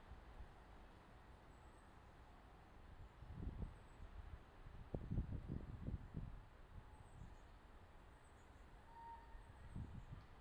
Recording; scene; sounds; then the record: everyday scene through a hearing-aid microphone; wind on the microphone; gentle breeze, voices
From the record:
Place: parking lot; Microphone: in the ear canal, left